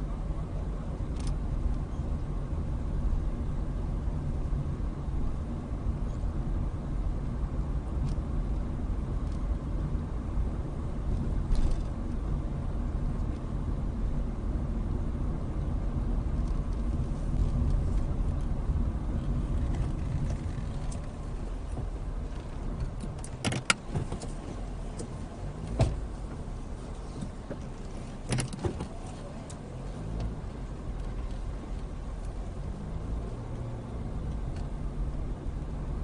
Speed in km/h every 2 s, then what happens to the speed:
19, 19, 21, 23, 23, 24, 24, 24, 24, 10, 8, 0, 0, 0, 0, 6, 15, 18.
0-16 steady at about 23. 16-21 brakes to 0. 21-29 standing. 29-36 pulls away to 18.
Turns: 18-20.